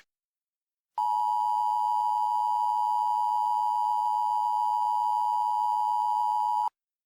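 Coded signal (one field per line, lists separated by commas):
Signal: Emergency Alert System (SAME) tones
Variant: 853 and 960 Hz attention tone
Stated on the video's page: Mock (fictional) EAS alert.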